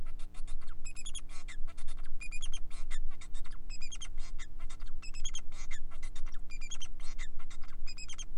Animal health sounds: song of a male Bengalese finch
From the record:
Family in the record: son of father 4

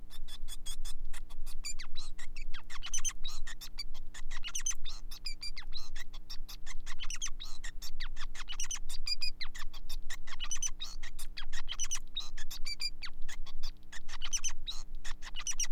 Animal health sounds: song of a male Bengalese finch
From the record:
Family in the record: son of father 5

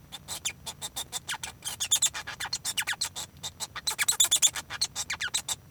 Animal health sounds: song of a male Bengalese finch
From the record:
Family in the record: son of father 1

